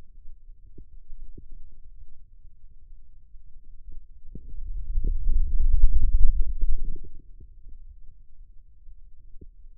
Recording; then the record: forearm muscle sounds (acoustic myography)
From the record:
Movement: wrist extension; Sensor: system 2, bracelet of six BSWA MPA416 microphones around the upper forearm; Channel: 1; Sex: male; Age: 22 years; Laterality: right